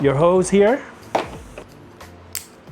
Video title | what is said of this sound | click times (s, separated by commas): Fanttik NB10 Flip Cordless Pressure Washer | like so. Just wait for the click and then put it in a bucket of water. | 2.3 s